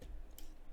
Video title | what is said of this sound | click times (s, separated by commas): S2E4 - How To Mount Uno Board To Barnabas Robot Arm, Add daughter board and wire motors | okay make sure it clicks in okay all the way in | 0.4 s